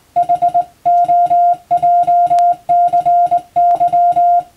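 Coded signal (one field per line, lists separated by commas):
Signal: Morse code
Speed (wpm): 20 wpm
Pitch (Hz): 700 Hz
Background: music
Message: HOJCY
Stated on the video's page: Morse practice scene for a radio operator practical exam, recorded by a first-class radiotelegraph operator.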